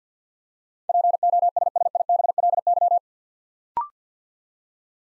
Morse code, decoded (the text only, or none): POSSIBLY